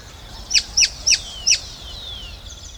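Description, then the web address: Chiguanco thrush: four high, thin, downslurred notes in quick succession, followed by faint drawn-out whistles against a soft hiss. Ecuador. "S America Birds of Ecuador. Chiguanco Thrush"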